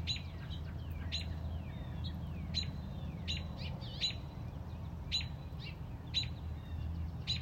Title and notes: A Mother Robin’s Love. Stubbled upon a Mother Robin on our front porch. Protecting a newly born baby Robin